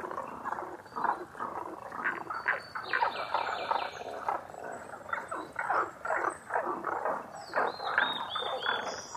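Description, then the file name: Tago's brown frog chorus of rapid gravelly croaks, joined by thin high whistled bird notes partway through and again near the end. Recorded 11 June 2010 at 18:05. "tagogaeru-20100611-1805"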